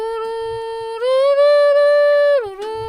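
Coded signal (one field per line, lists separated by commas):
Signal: whistled language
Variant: Kongthong jingrwai iawbei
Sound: a hummed or sung tune: a low note, a step up, then a glide down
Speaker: तो भाई आंटी भी यहां पे मिसल कर आंटी आप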